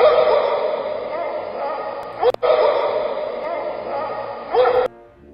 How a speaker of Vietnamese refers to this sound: Tiếng chó so trong xóm sủa lên râm ran.